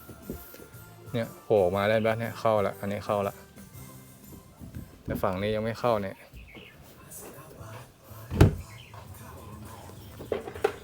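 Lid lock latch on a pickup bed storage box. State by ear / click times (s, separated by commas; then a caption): seated / 8.4 s, 10.6 s. Someone talks while pushing the lid lock on the not-yet-locked side of an Aeroklas U BOX pickup bed storage box until it engages. Sharp latch snaps are heard at about 8.4 s and 10.7 s, and the lock latch seats in place.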